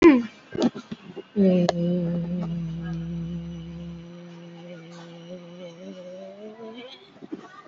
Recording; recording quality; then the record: sustained vowel as in made; excellent, no background noise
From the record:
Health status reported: COVID-19 positive, mild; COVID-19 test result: positive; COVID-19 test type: RT-PCR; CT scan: taken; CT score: 5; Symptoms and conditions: cough, breathing difficulty, sore throat, fatigue, muscle pain, loss of smell and taste, hypertension, another condition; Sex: female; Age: 75 years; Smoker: no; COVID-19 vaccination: both doses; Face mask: not worn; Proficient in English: yes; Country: India